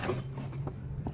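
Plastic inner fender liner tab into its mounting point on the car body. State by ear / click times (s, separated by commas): not seated / none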